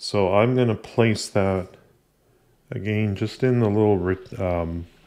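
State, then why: Not seated. A 2 TB M.2 SSD is being handled and lined up to be pushed into the M.2 socket on the motherboard of a Dell XPS 15 (9530) laptop. Someone talks throughout with a brief pause near the middle, and no click or sharp transient is heard. Nothing has seated yet when the clip ends.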